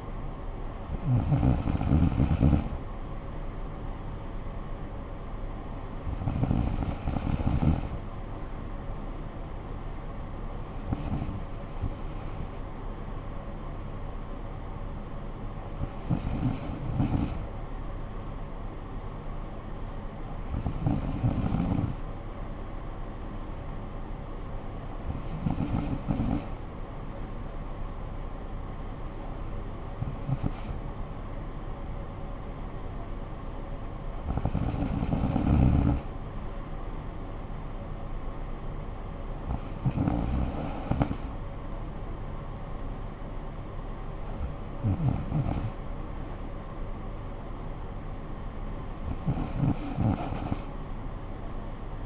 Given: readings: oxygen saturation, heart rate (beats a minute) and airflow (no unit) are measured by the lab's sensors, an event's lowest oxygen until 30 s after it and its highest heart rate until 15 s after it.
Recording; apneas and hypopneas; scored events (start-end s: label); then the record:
breathing in sleep by a smartphone at the bedside; none
20.00-52.06 s: new sleep stage, N3 (deep sleep)
From the record:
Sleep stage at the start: N2 (light sleep); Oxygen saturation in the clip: 94 to 95%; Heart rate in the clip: 53 to 57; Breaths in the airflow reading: 11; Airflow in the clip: -10.2 to 6.4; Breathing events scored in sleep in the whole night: 445 in 7.6 hours asleep